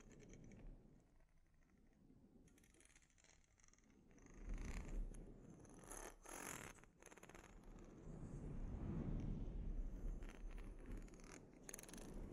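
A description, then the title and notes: A scalp treatment with dense, crackly scratching and rubbing, like fingers or a brush working through hair. It starts soft and sparse, grows louder and busier after about four seconds, and stays rough and steady with a brief dip near seven seconds. ASMR Sleep Inducing Scalp Treatment (No Talking).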